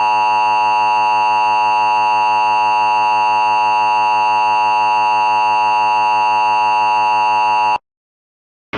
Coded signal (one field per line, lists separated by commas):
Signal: Emergency Alert System (SAME) tones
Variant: 853 and 960 Hz attention tone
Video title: EAS 3: AMBER ALERT, Douglas WA